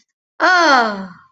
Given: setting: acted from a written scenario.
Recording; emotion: vocal sound without words; realization